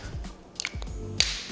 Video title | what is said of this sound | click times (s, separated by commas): HUGE DESIGNER FRAGRANCE HAUL - DIESEL BAD INTENSE - BOTTEGA VENETA ILLUSIONE + MORE | does click into place and on the bottom you've got your sticker with your batch code | 1.2 s